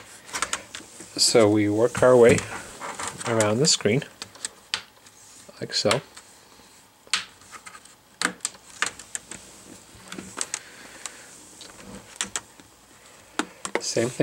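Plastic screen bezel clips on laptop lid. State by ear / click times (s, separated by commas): released / 7.1 s, 8.5 s, 8.8 s, 12.2 s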